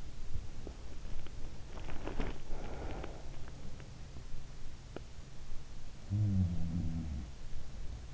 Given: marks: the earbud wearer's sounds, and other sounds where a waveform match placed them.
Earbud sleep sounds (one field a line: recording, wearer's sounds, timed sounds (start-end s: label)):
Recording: sounds in sleep by an in-ear microphone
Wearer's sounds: body movement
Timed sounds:
1.45-3.44 s: body movement
5.84-7.33 s: sound from someone else or the room